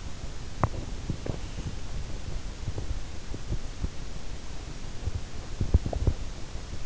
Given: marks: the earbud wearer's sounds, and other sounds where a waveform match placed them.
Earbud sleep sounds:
sounds in sleep by an in-ear microphone; teeth grinding
0.38-2.10 s: teeth grinding
2.52-6.39 s: teeth grinding

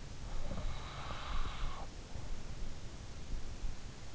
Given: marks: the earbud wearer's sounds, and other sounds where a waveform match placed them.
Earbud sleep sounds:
sounds in sleep by an in-ear microphone; breath
0.19-3.23 s: breath

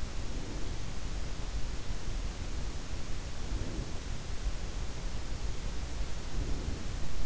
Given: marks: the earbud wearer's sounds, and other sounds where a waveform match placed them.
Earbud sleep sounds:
sounds in sleep by an in-ear microphone; breath
0.07-1.33 s: breath
3.26-4.19 s: breath
6.26-7.26 s: breath

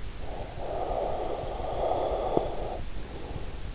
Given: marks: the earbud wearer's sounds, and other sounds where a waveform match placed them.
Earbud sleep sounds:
sounds in sleep by an in-ear microphone; breath
0.01-3.75 s: breath

